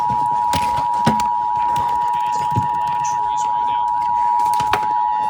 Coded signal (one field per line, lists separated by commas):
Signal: Emergency Alert System (SAME) tones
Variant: 853 and 960 Hz attention tone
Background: speech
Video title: US Emergency Alert Systems 2026 (part 10) (CONTAINS VALID TONES!) - 6-21-26